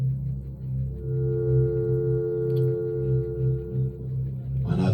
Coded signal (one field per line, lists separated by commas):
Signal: telephone call progress tone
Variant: North America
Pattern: dial tone